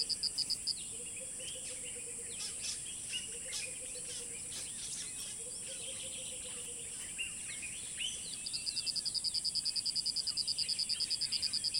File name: Dawn Chorus in the Savannah Sierra Leone